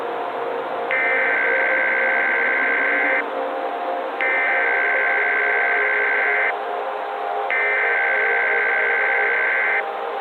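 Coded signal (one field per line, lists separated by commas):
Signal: Emergency Alert System (SAME) tones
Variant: header bursts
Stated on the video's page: Fictional EAS scenario, a horror recreation made with software, containing valid EAS tones.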